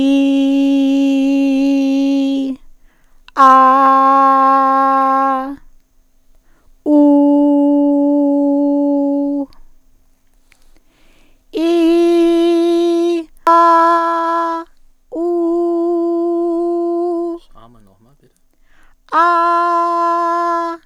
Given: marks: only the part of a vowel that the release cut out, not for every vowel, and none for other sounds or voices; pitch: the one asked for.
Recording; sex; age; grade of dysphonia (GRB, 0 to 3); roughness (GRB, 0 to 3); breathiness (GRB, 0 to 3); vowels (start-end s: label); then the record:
sustained vowels; female; 50 to 59 years; 0; 0; 0
0.00-2.08 s: vowel /i/, normal pitch
3.60-5.07 s: vowel /a/, normal pitch
7.64-9.04 s: vowel /u/, normal pitch
12.05-13.08 s: vowel /i/, high pitch
15.54-17.11 s: vowel /u/, high pitch
19.26-20.56 s: vowel /a/, high pitch
From the record:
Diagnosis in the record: healthy voice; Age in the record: 58 years